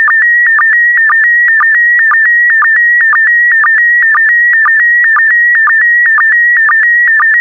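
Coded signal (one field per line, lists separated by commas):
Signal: SSTV (slow-scan television)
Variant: PD120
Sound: steady warbling whistle near 2 kHz with a low chirp blip about twice a second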